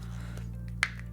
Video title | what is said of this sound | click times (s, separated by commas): NECA - Turtles In Time Wave 1 - Teenage Mutant Ninja Turtles Figures Review! | you'll hear it snap in and it actually does kind of lock into place. | 0.8 s